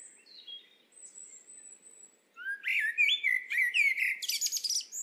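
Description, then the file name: Eurasian blackbird song: a thin high whistle first, then a rich fluted warbling phrase that breaks into a high scratchy twitter. "Turdus merula"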